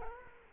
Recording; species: mosquito wingbeat signal from an infrared sensor; Culex quinquefasciatus